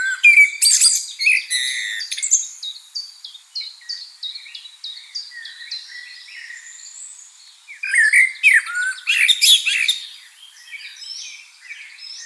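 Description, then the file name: Common blackbird giving two bursts of warbled, squeaky song, separated by a long run of short, repeated high notes. "Turdus merula"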